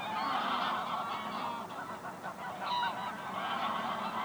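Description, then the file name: Goose: geese honking, a dense chorus of overlapping nasal honks from many birds, steady throughout with brief louder bursts. Geese resting on the ice at the Hondenhemeltje in Venhuizen. "Ganzen rusten op het ijs bij het hondenhemeltje in venhuizen - De Auditieve Dienst"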